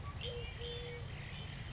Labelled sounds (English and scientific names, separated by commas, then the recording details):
Eurasian Collared Dove (Streptopelia decaocto)
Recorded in Sonoma County, California